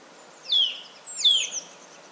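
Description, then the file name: Eurasian nuthatch calls: two loud, sharp downslurred notes falling steeply in pitch, over faint background hiss. "Sitta europaea"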